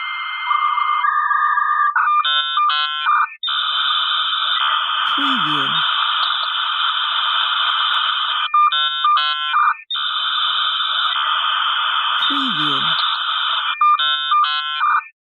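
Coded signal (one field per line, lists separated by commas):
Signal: dial-up modem handshake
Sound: warbling two-tone chirps, bursts of stacked tones, then loud hissing static, twice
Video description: Sounds of dial-up modem connecting to the internet, line noise and connect sounds from a computer.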